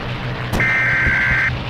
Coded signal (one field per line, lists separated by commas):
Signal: Emergency Alert System (SAME) tones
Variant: header bursts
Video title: EAS scenario: Countryballs